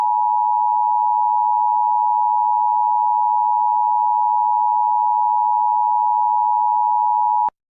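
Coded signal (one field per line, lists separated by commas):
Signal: Emergency Alert System (SAME) tones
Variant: 853 and 960 Hz attention tone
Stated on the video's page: Simulated EAS scenario, a fictional story.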